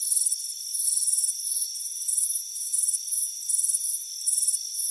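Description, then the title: Crickets producing short pulsed chirps and brief trills in a loose rhythm, over a steady shrill insect drone. Crickets chirping on a warm afternoon on a front porch. "Soothing Crickets Chirping Sound"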